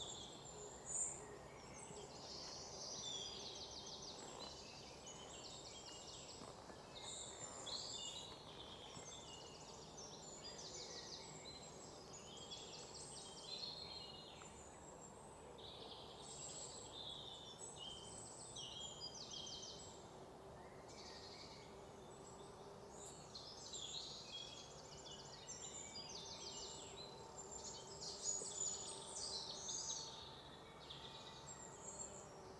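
Dense, continuous bird chirping, high and bright, with many overlapping tweets over a steady low outdoor rumble for the whole stretch.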